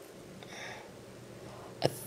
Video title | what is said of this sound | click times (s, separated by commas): Sh Monster Arts Godzilla 2001 Unboxing and Review | think it snapped in into place i'm | 1.9 s